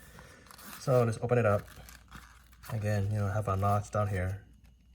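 A handmade L-zippered leather wallet for cash, cards and coins is opened, its metal zipper slider being run down toward a notch cut in the leather. Someone talks over faint handling ticks near 0.2, 0.5, 1.9 and 2.2 seconds. The slider has not locked into the notch yet.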